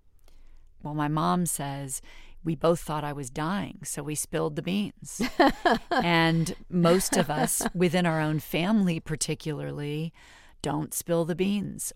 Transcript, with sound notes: Well, my mom says, we both thought I was dying, so we spilled the beans.
(Laughter).
And most of us, within our own family particularly, don't spill the beans,